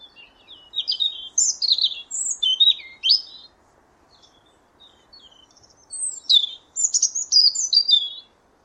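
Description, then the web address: European robin song: two high, thin warbling phrases of rapid tinkling and trilled notes, separated by a pause. "Deverinetal 2025 File origin Bird Only Er Ru"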